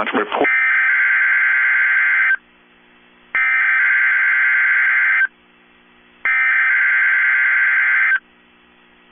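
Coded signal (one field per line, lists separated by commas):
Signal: Emergency Alert System (SAME) tones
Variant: header bursts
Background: speech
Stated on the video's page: Weekly EAS test broadcasts recorded off air.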